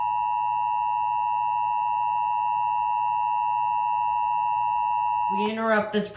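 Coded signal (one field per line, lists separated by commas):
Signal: Emergency Alert System (SAME) tones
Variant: 853 and 960 Hz attention tone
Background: speech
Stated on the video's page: Fictional EAS scenario.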